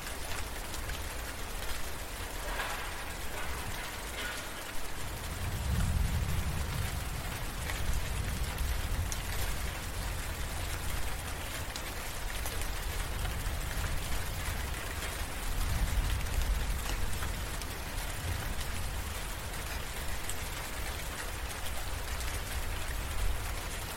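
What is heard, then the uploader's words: Rain falls steadily throughout, a dense, even hiss with fine pattering drops. Deep thunder rumbles roll in around five seconds and again near fifteen, swelling low beneath the rain before fading back into the constant downpour. Rain And Thunder Sound At Night.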